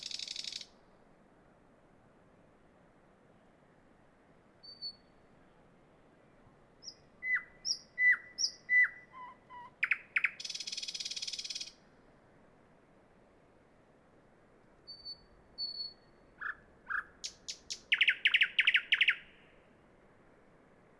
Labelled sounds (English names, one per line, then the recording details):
Thrush Nightingale song
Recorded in the wild
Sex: male
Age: adult
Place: Peenemuende, Usedom, Mecklenburg-Vorpommern, DE
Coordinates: 54.1673, 13.7646
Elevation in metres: 0
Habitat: grassland
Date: 2014-06-05 00:38
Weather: 12°C, weak wind
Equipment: Sound Devices 702, Sennheiser MKH 70, Rycote Windschutz
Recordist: Frommolt, Karl-Heinz
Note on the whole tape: Flugplatz Peenemünde: Gesang eines Sprossers. Entfernung ca. 10 m